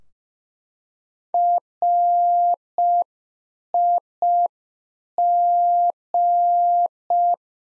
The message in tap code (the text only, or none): none